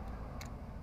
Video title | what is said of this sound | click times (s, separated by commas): Como cambiar la batería de la llave del Versa 2012-2023 | hasta que haga clic también ya hizo clic y | 0.4 s